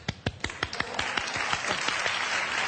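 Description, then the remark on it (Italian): Applause: sharp, evenly spaced hand claps at first, then a thicker, steadier patter of clapping that continues at moderate loudness, with no voices. “Applausi da sola.”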